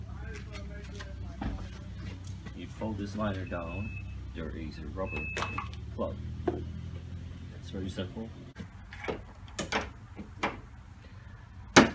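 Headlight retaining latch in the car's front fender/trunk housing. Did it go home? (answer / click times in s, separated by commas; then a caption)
released / 11.8 s. Someone talks while a screwdriver is inserted through the access hole under a rubber plug, behind a folded-down liner, and turned to release the headlight retaining latch in the front fender/trunk housing of a Porsche Boxster 986. Soft knocks and taps follow, then the latch clicks open with a sharp, loud click at 11.8 s, releasing the headlight.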